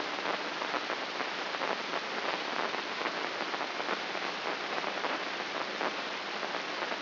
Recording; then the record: brain microelectrode recording played as sound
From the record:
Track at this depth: outside the subthalamic nucleus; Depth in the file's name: 6.829 mm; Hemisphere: left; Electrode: 3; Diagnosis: Parkinson's disease